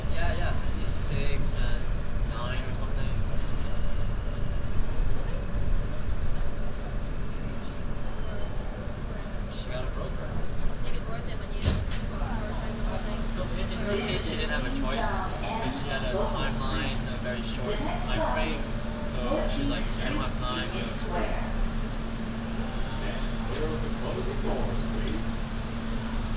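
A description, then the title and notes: Binaural recording aboard an N train, with a heavy low rumble and rattle running throughout at a fairly steady level. Voices murmur over the noise, and from about twelve seconds a steady low hum settles in under the continuing chatter. A binaural field recording on the N train, from 36th street Brooklyn to 42nd street Manhattan.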